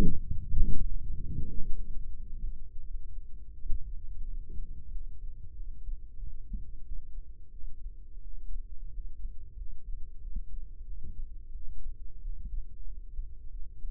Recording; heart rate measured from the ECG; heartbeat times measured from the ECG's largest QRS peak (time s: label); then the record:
heart sounds by microphone in the right ear; 90 bpm
0.25 s: heartbeat
0.85 s: heartbeat
1.45 s: heartbeat
2.09 s: heartbeat
2.84 s: heartbeat
3.55 s: heartbeat
4.26 s: heartbeat
4.91 s: heartbeat
5.55 s: heartbeat
6.18 s: heartbeat
6.84 s: heartbeat
7.53 s: heartbeat
8.22 s: heartbeat
8.92 s: heartbeat
9.57 s: heartbeat
10.21 s: heartbeat
10.85 s: heartbeat
11.52 s: heartbeat
12.21 s: heartbeat
12.85 s: heartbeat
13.51 s: heartbeat
From the record:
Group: healthy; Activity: rest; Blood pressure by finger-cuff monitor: 101/58 mmHg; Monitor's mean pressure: 75 mmHg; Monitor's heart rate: 91 bpm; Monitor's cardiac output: 8.9 L/min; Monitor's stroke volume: 96 mL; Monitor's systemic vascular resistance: 620 dyn s/cm5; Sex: female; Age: 22 years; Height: 161 cm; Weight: 65.5 kg